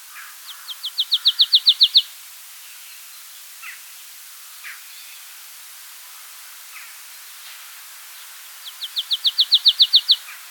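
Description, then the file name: Marsh tit giving a rapid, high, even trill of about a dozen clipped notes that swell in loudness, heard twice with a few faint soft notes between. "Poecile palustris"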